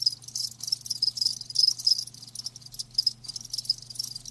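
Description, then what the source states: Cricket chirps, high and pulsed, coming in short repeated bursts, with a low steady hum in the background. Live crickets chirping, a lulling song.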